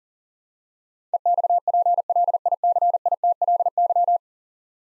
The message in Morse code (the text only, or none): EXPLICITLY